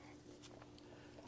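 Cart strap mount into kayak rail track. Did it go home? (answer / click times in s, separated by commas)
no / none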